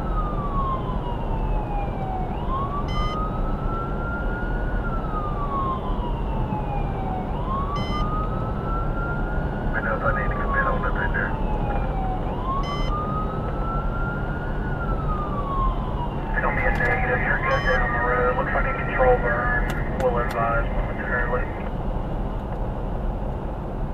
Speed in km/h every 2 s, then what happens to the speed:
108, 109, 109, 109, 111, 111, 111, 109, 109, 109, 106, 100.
0-19 steady at about 109. 19-24 slows to 100.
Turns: none.